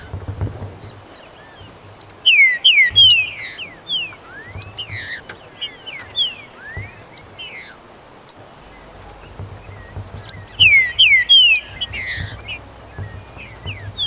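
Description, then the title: Green-winged saltator song: loud slurred whistled phrases near 2 seconds and again near 10 seconds, among frequent high sharp chirps and clicks. "Trinca Ferro"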